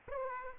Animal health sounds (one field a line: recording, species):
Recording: mosquito wingbeat signal from an infrared sensor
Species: Aedes aegypti